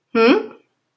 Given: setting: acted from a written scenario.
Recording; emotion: vocal sound without words; confusion